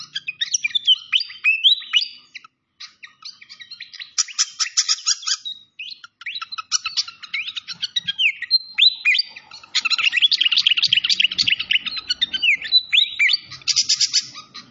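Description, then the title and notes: Malaysian pied fantail song, long stretches of rapid high twittering broken by brief pauses and a few slurred whistles. Masteran (training recording) of clear-voiced fantail song. "Masteran Sikatan Kipas Suara Jernih Dan Suara Gemericik Air. Suara Burung Sikatan Londo"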